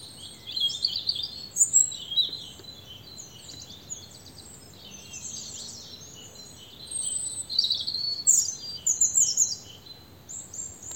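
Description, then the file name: European robin singing high, thin, varied phrases of trills and sweeping notes, with a quieter spell in the middle before a louder jumbled burst. "Erithacus rubecula"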